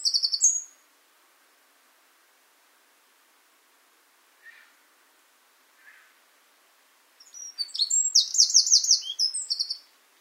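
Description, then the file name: Eurasian wren singing: the tail of one phrase opens, two soft notes follow in the quiet gap, then a full fast high trilling phrase returns around seven seconds. "Troglodytes troglodytes"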